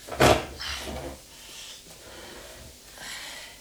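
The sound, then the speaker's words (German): A wooden chair by a bed is shifted with a sharp, loud knock followed by a softer scrape as someone sits down, then quiet rustling and faint breathy sounds with no talking. “Endlich kommt unser eins mal zum Sitzen.”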